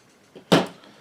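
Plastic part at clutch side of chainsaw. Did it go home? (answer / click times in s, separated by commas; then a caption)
no / none. Handling of a plastic part at the clutch side of a Farmertec / Huztl 036 chainsaw during assembly, where it is meant to snap in. A faint knock near 0.35 s is followed by a louder, broadband handling thump at about 0.5 s that fades out, with a small tick near 0.8 s. Nothing has seated or clicked yet.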